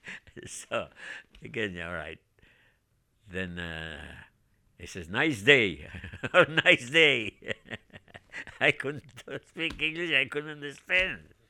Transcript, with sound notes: So, again, all right, he said, "Nice day." (he laughs and raises his voice) "Nice day!" I couldn't speak English. I couldn't understand.